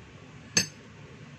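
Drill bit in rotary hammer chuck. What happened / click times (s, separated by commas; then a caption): The metal bit released from the chuck / 0.6 s. The chuck sleeve of a DeWalt D25032 rotary hammer is pressed down to release the metal drill bit from its SDS chuck. A single sharp metallic clink sounds at 0.6 s against a low background hum, and the bit is released.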